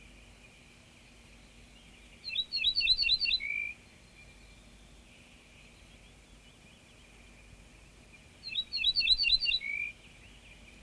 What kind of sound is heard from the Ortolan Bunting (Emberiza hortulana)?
song